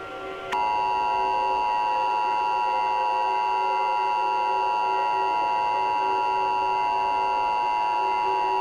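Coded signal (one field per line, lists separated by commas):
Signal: Emergency Alert System (SAME) tones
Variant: 853 and 960 Hz attention tone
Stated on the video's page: Simulated EAS mock alert, not a real warning.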